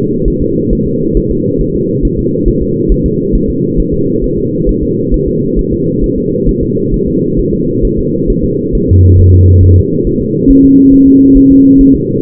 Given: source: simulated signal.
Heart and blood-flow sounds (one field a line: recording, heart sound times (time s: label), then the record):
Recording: fetal heart sounds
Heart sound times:
0.28 s: S1
0.42 s: S2
0.73 s: S1
0.87 s: S2
1.17 s: S1
1.31 s: S2
1.61 s: S1
1.75 s: S2
2.05 s: S1
2.19 s: S2
2.48 s: S1
2.62 s: S2
2.92 s: S1
3.06 s: S2
3.35 s: S1
3.50 s: S2
3.80 s: S1
3.94 s: S2
4.24 s: S1
4.38 s: S2
4.69 s: S1
4.83 s: S2
5.14 s: S1
5.28 s: S2
5.59 s: S1
5.73 s: S2
6.04 s: S1
6.18 s: S2
6.49 s: S1
6.63 s: S2
6.94 s: S1
7.08 s: S2
7.39 s: S1
7.54 s: S2
7.85 s: S1
7.99 s: S2
8.30 s: S1
8.44 s: S2
8.75 s: S1
8.89 s: S2
9.20 s: S1
9.34 s: S2
9.64 s: S1
9.78 s: S2
10.07 s: S1
10.21 s: S2
10.50 s: S1
10.65 s: S2
10.94 s: S1
11.08 s: S2
11.37 s: S1
11.52 s: S2
11.81 s: S1
11.95 s: S2
From the record:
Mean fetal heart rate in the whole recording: 135 bpm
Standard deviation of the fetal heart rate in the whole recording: 3 bpm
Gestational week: 36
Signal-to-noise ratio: -11.2 dB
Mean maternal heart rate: 72 bpm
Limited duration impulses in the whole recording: present